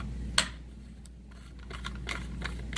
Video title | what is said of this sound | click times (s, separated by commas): CMR Products How To - TabTec T-TRAK - T Nut Install | you heard the click that was the threads kicking in and | 0.4 s